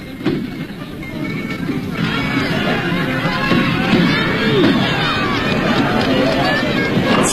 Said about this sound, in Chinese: 景色宜人，赛马场上聚集了很多人，大家欢呼着笑着，这是他们一年一度的节日。